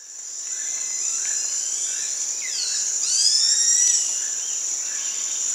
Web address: ENTER Science Biology Natures Songs S America Primates of the Rainforest Geoffroy's tamarin